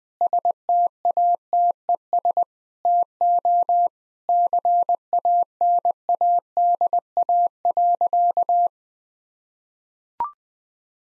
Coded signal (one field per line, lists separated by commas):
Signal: Morse code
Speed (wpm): 20 wpm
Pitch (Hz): 700 Hz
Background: none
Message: STATES TO CANADA.